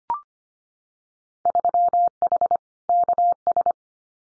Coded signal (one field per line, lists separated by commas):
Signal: Morse code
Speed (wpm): 25 wpm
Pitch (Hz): 700 Hz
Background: none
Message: 3H KS